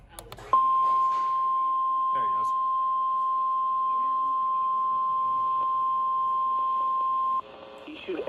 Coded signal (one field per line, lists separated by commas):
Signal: Emergency Alert System (SAME) tones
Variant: 1050 Hz attention tone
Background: speech